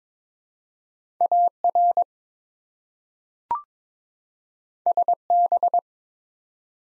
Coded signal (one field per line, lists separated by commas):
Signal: Morse code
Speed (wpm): 22 wpm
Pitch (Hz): 700 Hz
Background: none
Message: AR SB